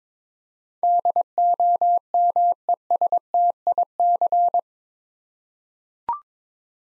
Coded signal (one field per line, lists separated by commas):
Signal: Morse code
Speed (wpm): 22 wpm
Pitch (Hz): 700 Hz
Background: none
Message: DOMESTIC